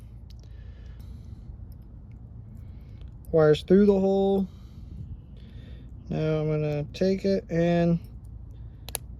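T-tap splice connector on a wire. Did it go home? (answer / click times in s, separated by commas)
yes / 8.9 s, 9.0 s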